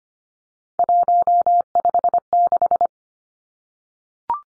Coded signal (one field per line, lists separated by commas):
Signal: Morse code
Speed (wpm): 25 wpm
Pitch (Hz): 700 Hz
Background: none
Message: 156